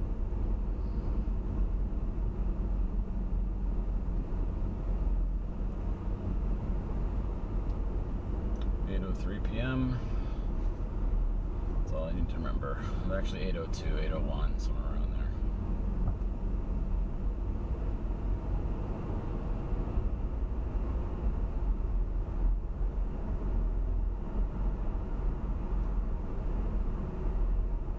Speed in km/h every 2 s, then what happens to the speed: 35, 34, 32, 35, 37, 39, 37, 34, 34, 39, 42, 44, 45, 44.
0-16 steady at about 35. 16-23 speeds up to 45.